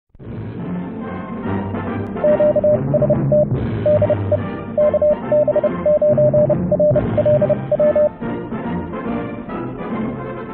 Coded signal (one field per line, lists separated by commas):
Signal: Morse code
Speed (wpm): 30 wpm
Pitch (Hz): 600 Hz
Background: music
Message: QST DE KB9RLW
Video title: Ham Radio - Universal Ham Radio Remote. Open source remote radio control.